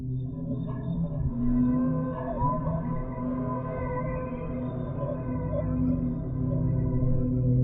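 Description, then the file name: Whale vocalizations, sustained low moaning tones with some brief higher tones, continuous and overlapping. "sad whales"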